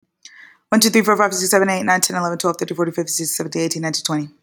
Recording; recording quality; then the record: counting at a fast pace; excellent, no background noise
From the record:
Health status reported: healthy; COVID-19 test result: negative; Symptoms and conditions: none ticked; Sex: female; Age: 26 years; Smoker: not ticked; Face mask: not worn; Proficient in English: yes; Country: United States